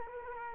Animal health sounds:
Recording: mosquito wingbeat signal from an infrared sensor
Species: Culex quinquefasciatus

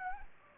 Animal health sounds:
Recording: mosquito wingbeat signal from an infrared sensor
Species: Anopheles gambiae

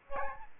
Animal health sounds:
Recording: mosquito wingbeat signal from an infrared sensor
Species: Aedes albopictus

